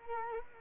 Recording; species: mosquito wingbeat signal from an infrared sensor; Culex quinquefasciatus